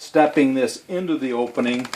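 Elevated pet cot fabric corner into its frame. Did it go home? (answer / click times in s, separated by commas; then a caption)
no / none. Someone talks while stepping the last corner of an elevated pet cot's fabric bed into the opening of its frame, a tight, snug fit. Nothing has snapped or seated into place yet.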